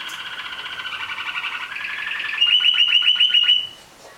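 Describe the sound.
Domestic canary song: a lower buzzy rolling phrase gives way to a quick series of sharp, bright repeated notes, then fades.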